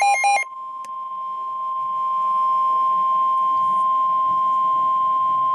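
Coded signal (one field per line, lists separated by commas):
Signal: Emergency Alert System (SAME) tones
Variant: 1050 Hz attention tone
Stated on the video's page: Received from weather radio station WXL40.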